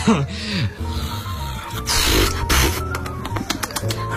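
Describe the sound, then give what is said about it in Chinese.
A voice imitates loud snoring with rumbling, gurgling snorts that slide up and down in pitch, a long raspy breath in the middle, then a run of quick sputtering pops. “哎，您这呼噜怎么样？”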